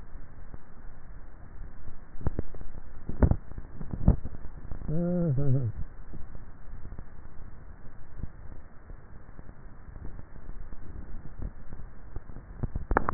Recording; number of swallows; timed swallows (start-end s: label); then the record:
swallowing sounds by neck microphone; 1
2.35-3.28 s: swallow
From the record:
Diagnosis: dysphagia